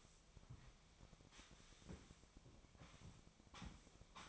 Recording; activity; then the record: daily activity, microphone in the room; sweep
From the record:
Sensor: 1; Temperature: 25.6 degrees Celsius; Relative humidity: 38.0%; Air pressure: 1007.0 hPa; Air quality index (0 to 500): 205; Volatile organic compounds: 23 ppm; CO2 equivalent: 2771 ppm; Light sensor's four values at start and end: 13/32/13/14 and 13/33/13/14